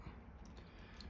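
After several tries, a plastic chest part for the Fanhome Robocop: Building an Icon model (Stage 3) is pressed into the figure's torso with light pressure and no glue. A quiet background hum holds steady until a short, sharp click rings out at 1.0 s as the chest part snaps into place and seats.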